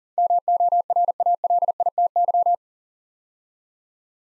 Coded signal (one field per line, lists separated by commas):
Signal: Morse code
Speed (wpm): 38 wpm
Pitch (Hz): 700 Hz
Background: none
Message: MORALITY